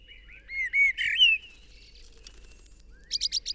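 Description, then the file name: Eurasian blackbird song: a mellow rising whistle and warble, brief quiet, then a rapid burst of shrill high twittering notes at the end. "Turdus merula"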